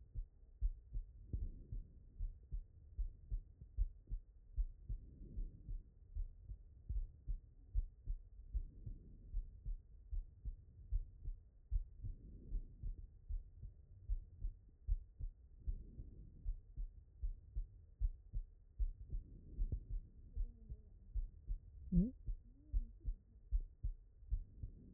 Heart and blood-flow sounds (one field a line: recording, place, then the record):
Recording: heart sounds by stethoscope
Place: pulmonary valve (PV)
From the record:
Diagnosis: non-HFrEF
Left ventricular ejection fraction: 68%